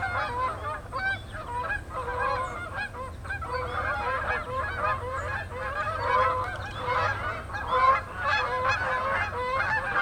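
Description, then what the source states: Goose: geese honking in a dense, continuous chorus, many overlapping nasal honks at once, with a steady low rumble beneath. Geese calling in flight, recorded 22 September 2007.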